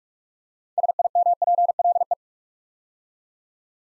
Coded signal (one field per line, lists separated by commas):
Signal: Morse code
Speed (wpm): 44 wpm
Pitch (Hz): 700 Hz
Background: none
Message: SIMPLE